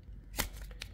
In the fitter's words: 딸깍 해주시게 되면 결합이 되게 됩니다.